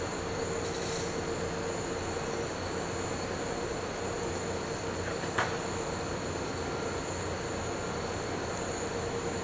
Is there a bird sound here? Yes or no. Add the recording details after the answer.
no. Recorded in pastures near Puerto Asís, Putumayo, Colombia, on 4 March 2025 at 11:30. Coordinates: 0.466, -76.322. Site CSA-02